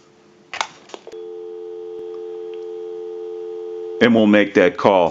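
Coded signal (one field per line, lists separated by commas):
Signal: telephone call progress tone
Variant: North America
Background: speech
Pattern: dial tone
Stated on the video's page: Heard on a candlestick telephone and bell box during repair and conversion checkout.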